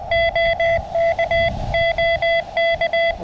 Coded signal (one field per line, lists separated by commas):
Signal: Morse code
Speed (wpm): 20 wpm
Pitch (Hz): 670 Hz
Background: none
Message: OK OK